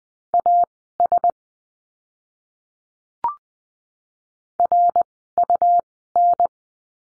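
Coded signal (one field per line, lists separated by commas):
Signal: Morse code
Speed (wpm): 20 wpm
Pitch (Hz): 700 Hz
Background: none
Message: AS RUN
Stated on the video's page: Morse code course lesson on letter U, words, Farnsworth speed 20/10 wpm.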